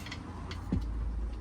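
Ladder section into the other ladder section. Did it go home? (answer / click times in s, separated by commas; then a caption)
no / none. Two sections of a two-piece camper van ladder are handled as one section is pushed toward the other, giving light ticking taps at about 0.1 s and 0.5 s over a low steady hum, then a louder low thump near 0.7 s. Nothing has seated or clicked into place yet.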